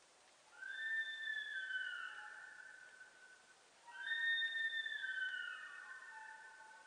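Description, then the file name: Sika deer calling twice, each a drawn-out high whistle with a faint upper overtone that slowly fades. Japanese sika deer, recorded 4 November 2006. "061104 nihonjika"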